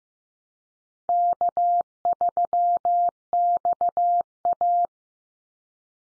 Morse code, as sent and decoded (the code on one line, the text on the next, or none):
-.- ...-- -..- .-
K3XA